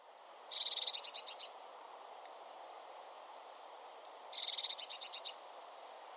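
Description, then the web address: Bird uttering a high chattering trill of quick repeated pulses, heard twice roughly four seconds apart, with constant background hiss. "Deverinetal 2025 File origin Bird Only Cy Ca"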